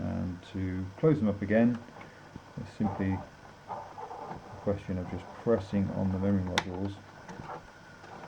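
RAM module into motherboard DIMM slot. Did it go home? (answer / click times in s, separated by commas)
no / none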